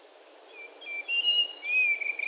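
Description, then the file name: White-throated rock thrush delivering a brief run of sweet whistled notes, slightly wavering and level in pitch. Recorded 3 June 2008, Amur region. "himeisohiyo amur hanada"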